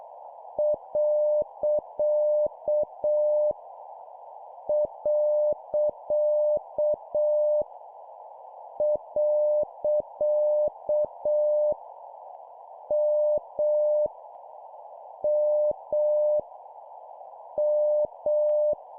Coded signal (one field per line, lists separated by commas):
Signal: Morse code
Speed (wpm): 7 wpm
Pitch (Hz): 600 Hz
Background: none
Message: . . . M M M